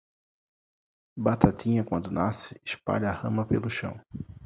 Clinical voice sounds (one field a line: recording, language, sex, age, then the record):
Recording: short text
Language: Brazilian Portuguese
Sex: male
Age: 30 to 39 years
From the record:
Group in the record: control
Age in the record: 32 years